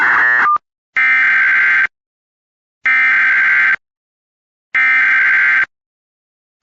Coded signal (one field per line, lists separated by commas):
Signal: Emergency Alert System (SAME) tones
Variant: header bursts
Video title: EAS Compilation | 4/2/2026 Texas Statewide Tornado Drill Alerts